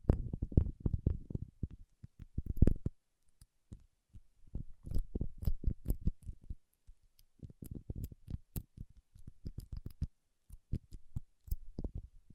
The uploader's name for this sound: Paraffin Wax Peeling, Tapping and Scratching